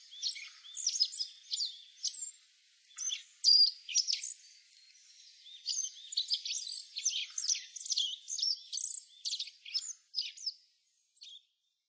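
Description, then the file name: Black-faced bunting: dense, overlapping high thin chirps and twitters, rapid and irregular, with a brief pause near three seconds, stopping shortly before the end. Recorded at Kunitachi, Japan, on 2 April 2015. "aoji kunitachi mju"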